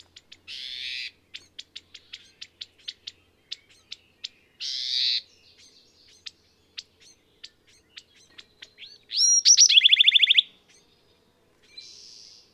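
Bird song made of varied phrases: raspy buzzes, sharp high clicks and ticks, slurred whistles, then a fast chattering trill, with pauses between.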